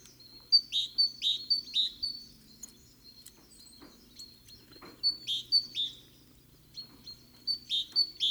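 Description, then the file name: Great tit giving bright two-part notes in quick runs, three bursts separated by short pauses. "Parus major"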